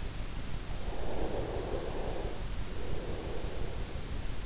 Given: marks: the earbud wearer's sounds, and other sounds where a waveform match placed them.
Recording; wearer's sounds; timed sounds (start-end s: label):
sounds in sleep by an in-ear microphone; breath
0.72-3.72 s: breath